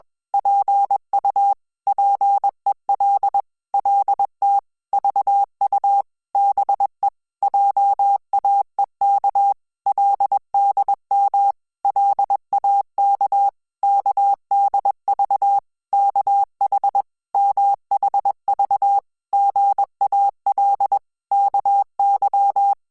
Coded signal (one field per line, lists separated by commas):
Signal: Morse code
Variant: Korean alphabet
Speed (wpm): 21 wpm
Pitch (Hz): 800 Hz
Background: none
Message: 지 작 거 리 다 황 금 공 을 우 물 속 에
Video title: Hangul Morse Code Listening Practice : Frog Prince IV - KOREA A1 CLUB